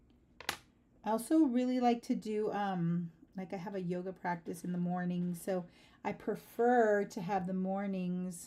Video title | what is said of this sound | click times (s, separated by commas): Crafternoon | It's very satisfying when they kind of like snap into place finally. | 0.4 s, 0.5 s